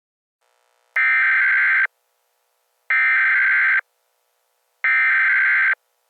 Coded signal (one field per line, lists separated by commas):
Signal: Emergency Alert System (SAME) tones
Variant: header bursts